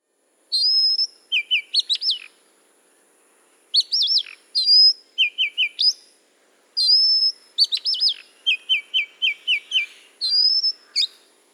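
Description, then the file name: Oriental magpie-robin song: sweet whistled phrases that mix upslurred notes, quick trills and series of short repeated whistles, delivered in three bursts separated by brief pauses. Recorded at Udahamulla on 1 May 2005. "Magpie-robin Udahamulla 01 May 2005"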